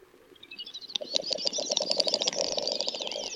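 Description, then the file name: Great snipe display song: rising whistled notes break into fast, loud clicking and twittering with a steady low bubbling undertone, ending in a falling whistle. Russia. "Pticy Rossii - Dupel Gallinago media"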